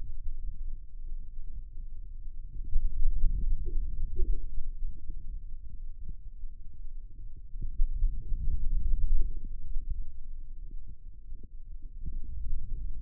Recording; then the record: forearm muscle sounds (acoustic myography)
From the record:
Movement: finger pinch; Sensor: system 2, bracelet of six BSWA MPA416 microphones around the upper forearm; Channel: 4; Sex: male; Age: 22 years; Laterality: right